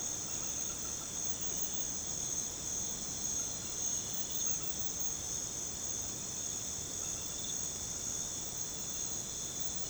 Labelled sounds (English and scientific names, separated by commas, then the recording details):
none
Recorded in pastures near Puerto Asís, Putumayo, Colombia, on 13 March 2025 at 23:30
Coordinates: 0.486, -76.323
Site G075